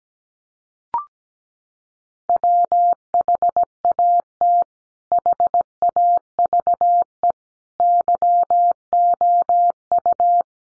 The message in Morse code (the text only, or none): WHAT HAVE YOU